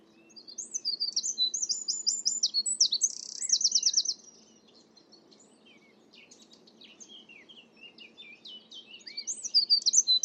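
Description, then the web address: Bird song: a fast high twittering phrase with a rapid trill, a quieter stretch of scattered chirps, then another loud twittering phrase at the end. "cianscape birddata Deverinetal 2025"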